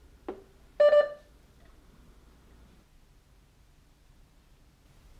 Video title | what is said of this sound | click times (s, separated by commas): Aquadex Troubleshooting - Loading the Blood Circuit | make sure it clicks into place | 0.3 s